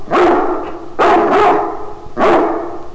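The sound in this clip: Dog barking three times, roughly one second apart, each bark a drawn-out, resonant woof over steady background noise.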